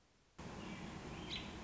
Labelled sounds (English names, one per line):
American Robin